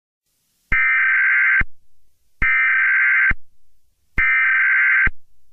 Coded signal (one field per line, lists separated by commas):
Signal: Emergency Alert System (SAME) tones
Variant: header bursts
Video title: (MY FIRST EAS SCENARIO) The Great Britton Hill Collapse of Florida